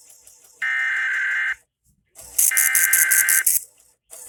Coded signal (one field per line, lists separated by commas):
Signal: Emergency Alert System (SAME) tones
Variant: header bursts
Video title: I FINALLY GOT IT RIGHT! NOAA Weather Radio/Endec Relay EAS: Required Weekly Test (EAS #637-638)